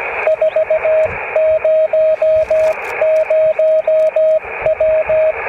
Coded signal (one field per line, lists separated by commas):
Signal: Morse code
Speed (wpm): 16 wpm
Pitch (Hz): 630 Hz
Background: radio noise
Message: 400W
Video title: The best portable antenna you've probably never heard of (Bobtail curtain for 14 MHz and more)